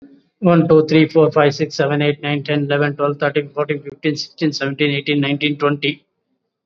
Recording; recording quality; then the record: counting at a fast pace; excellent, no background noise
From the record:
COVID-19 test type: RT-PCR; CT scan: not taken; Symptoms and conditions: cough, fatigue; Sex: male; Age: 30 years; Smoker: no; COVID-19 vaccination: both doses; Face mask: worn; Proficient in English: yes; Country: India